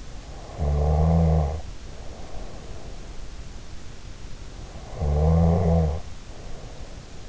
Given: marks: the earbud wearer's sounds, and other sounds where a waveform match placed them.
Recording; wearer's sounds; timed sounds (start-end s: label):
sounds in sleep by an in-ear microphone; snoring breath
0.28-3.09 s: snoring breath
4.87-7.29 s: snoring breath